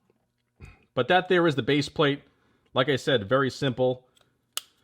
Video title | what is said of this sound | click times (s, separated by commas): Honeywell RTH11B - X1N - SETUP & Operation - NON-Programmable MANUAL Digital Thermostat | you know, it it clicks right in place. | 4.6 s